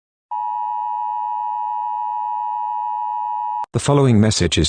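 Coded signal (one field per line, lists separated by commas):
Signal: Emergency Alert System (SAME) tones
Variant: 853 and 960 Hz attention tone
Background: speech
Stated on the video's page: Fictional EAS scenario using a text-to-speech app.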